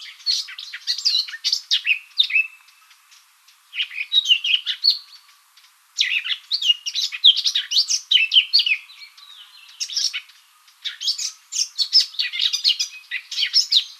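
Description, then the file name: Eurasian blackcap singing several bursts of quick, jumbled warbling separated by short pauses. "Sylvia atricapilla"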